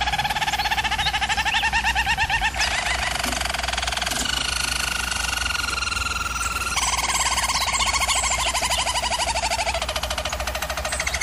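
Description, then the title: German Roller canary rolls steadily. Low, fast trills alternate with a smoother, higher sustained tour, and each section lasts a few seconds. German Roller canary singing, for canary training. "German Roller Canary Singing - Canary Training Vid"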